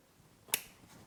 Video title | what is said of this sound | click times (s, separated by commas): How I Restored The Underside (on a budget) E46 330ci | Oof, nice click. | 0.5 s